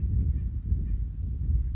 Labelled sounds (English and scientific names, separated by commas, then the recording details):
Acorn Woodpecker (Melanerpes formicivorus)
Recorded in Sonoma County, California